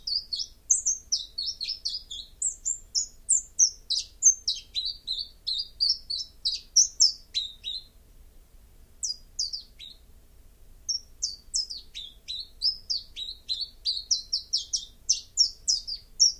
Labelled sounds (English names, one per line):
Common Chiffchaff song